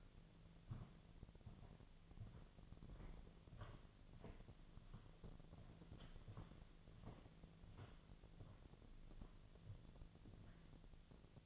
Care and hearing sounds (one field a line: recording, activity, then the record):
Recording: daily activity, microphone in the room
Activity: walk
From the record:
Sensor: 4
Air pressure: 1009.1 hPa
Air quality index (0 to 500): 169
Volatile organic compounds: 4 ppm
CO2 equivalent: 1697 ppm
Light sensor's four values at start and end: 25/76/29/28 and 25/76/29/28